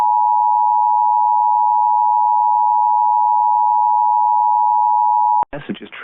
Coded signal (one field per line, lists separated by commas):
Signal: Emergency Alert System (SAME) tones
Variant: 853 and 960 Hz attention tone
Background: speech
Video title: All EAS Blue Alerts in WXRchive (DEADLY ALERTS!) EAS #83 - EAS #93